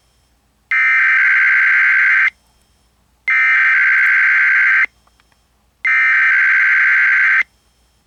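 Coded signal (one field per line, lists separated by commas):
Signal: Emergency Alert System (SAME) tones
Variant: header bursts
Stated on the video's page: Required Weekly Test received off air from an AM broadcast station on 1020 kHz, picked up with an SDR.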